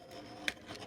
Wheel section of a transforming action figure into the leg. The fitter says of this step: Then you want to take the wheel sections right here, and they will shift up and click into place.